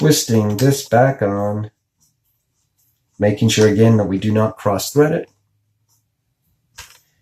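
Someone talks while twisting the threaded nozzle cap back onto a Z3000/M1000 spray tanning gun after cleaning, taking care not to cross-thread it. A single sharp click at 6.8 s marks the cap locking into place; dimples on the part let it move and lock, whereas done incorrectly it would just spin without clicking.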